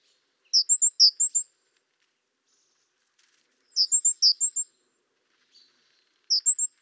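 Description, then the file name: Great tit uttering thin, high chirps in quick runs of three to six notes; three bursts spaced roughly three seconds apart, quiet between. "Parus major"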